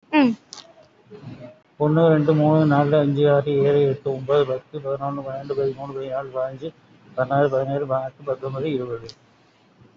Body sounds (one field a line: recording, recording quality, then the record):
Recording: counting at a fast pace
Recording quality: excellent, no background noise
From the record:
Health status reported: COVID-19 positive, moderate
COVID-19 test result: positive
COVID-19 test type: RT-PCR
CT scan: taken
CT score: 5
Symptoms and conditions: cough, cold, breathing difficulty, sore throat, fever, fatigue, diarrhoea, another respiratory illness, hypertension, diabetes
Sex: male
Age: 72 years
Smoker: no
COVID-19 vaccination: both doses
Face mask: worn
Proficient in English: yes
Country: India